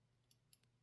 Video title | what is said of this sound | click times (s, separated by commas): Fairbanks Morse C-Liners? Menards is back. It's time to make a trip for home improvements. | and it's snaps back in place. | 0.3 s, 0.5 s